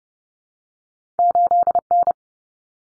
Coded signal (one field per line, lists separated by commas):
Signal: Morse code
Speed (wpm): 30 wpm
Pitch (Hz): 700 Hz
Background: none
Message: 8N